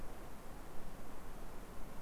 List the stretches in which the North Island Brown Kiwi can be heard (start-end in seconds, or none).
none